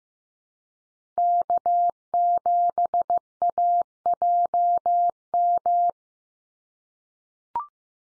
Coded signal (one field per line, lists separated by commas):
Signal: Morse code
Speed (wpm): 15 wpm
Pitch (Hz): 700 Hz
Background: none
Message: K7AJM